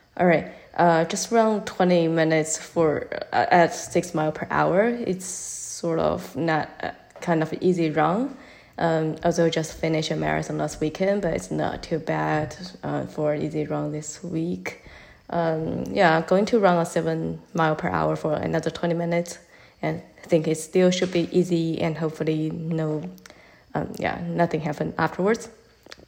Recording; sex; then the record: free speech after running; female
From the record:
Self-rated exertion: light exertion (2 of 6); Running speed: 6 miles an hour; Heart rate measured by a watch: 119 beats a minute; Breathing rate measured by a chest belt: 20 breaths a minute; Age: 28 years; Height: 155 cm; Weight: 44 kg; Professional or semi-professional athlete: no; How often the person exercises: 3 to 5 times a week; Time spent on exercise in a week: over 5 hours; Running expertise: yes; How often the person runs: 3 to 5 times a week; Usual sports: running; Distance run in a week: 45 km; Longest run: 32 km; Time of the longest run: 200 minutes